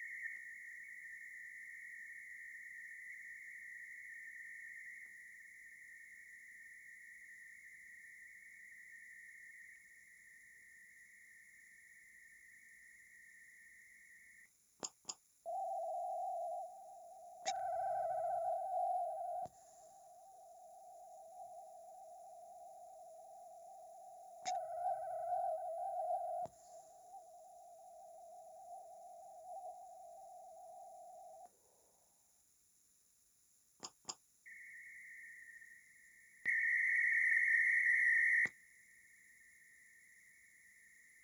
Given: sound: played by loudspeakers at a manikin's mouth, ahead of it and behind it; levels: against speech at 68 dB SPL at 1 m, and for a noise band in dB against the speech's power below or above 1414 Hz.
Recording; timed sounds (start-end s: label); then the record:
test signals for a remote microphone
0.00-0.36 s: noise band at 2000 Hz, +5 dB
0.36-5.06 s: noise band at 2000 Hz, 0 dB
5.06-9.76 s: noise band at 2000 Hz, -5 dB
9.76-14.45 s: noise band at 2000 Hz, -10 dB
14.83 s: click
15.08 s: click
15.45-17.45 s: noise band at 707 Hz, -13 dB
17.45-19.45 s: noise band at 707 Hz, +22 dB
19.45-24.45 s: noise band at 707 Hz, -13 dB
24.45-26.45 s: noise band at 707 Hz, +22 dB
26.45-31.45 s: noise band at 707 Hz, -13 dB
33.83 s: click
34.08 s: click
34.45-36.45 s: noise band at 2000 Hz, -13 dB
36.45-38.45 s: noise band at 2000 Hz, +22 dB
38.45-41.24 s: noise band at 2000 Hz, -13 dB
From the record:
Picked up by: remote microphone A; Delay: 47 ms